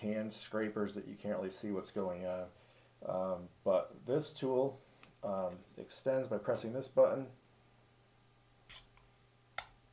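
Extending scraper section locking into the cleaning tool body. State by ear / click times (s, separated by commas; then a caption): seated / 9.6 s. Someone talks while pressing the button on a metal star chamber cleaning tool for an AR barrel extension and pulling the scraper section out to extend it. After a faint tick at 9.0 seconds, a sharp click sounds at 9.6 seconds as the extended scraper section locks into place in the tool body.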